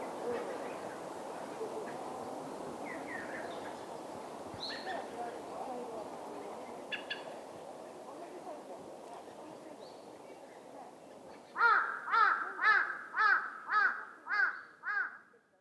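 Crow caws: a long quiet stretch with faint calls, then seven loud hoarse caws in rapid succession near the end.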